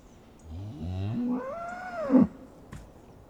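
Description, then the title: Cow mooing once, a low call that rises into a drawn-out bellow and then drops sharply at the end, with a brief click afterward. Recorded with a Sound Devices MixPre, two Sennheiser ME 64 microphones and a PMD620. "les vaches prient"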